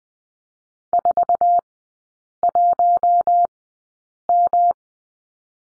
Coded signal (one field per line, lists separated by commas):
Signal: Morse code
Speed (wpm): 20 wpm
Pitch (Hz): 700 Hz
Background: none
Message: 41M